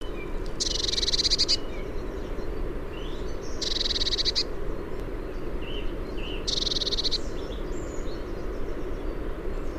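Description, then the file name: Eurasian blue tit churring in three fast, buzzy trills spaced about three seconds apart, with soft short chirps in between and steady low background noise. "Cyanistes caeruleus"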